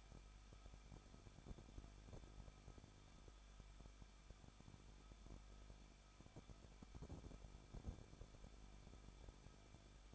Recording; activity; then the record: daily activity, microphone in the room; no activity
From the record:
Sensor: 5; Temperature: 20.8 degrees Celsius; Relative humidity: 38.3%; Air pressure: 1006.6 hPa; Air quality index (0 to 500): 186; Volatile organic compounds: 18 ppm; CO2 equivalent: 2609 ppm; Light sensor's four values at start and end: 2/3/1/1 and 2/3/1/1